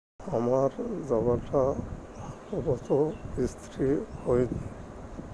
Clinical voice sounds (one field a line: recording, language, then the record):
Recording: elicited speech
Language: Bengali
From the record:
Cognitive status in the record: dementia